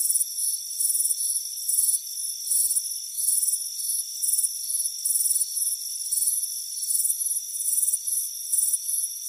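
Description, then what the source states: Crickets in a steady chorus, high chirping bursts coming in uneven groups over a continuous whining trill. Crickets chirping on a warm afternoon on a front porch.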